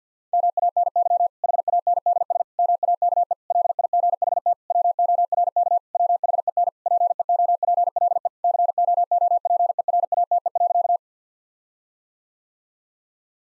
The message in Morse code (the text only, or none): MANY HANDS MAKE LIGHT WORK WHEN PEOPLE COOPERATE.